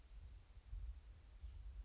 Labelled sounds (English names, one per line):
Western Flycatcher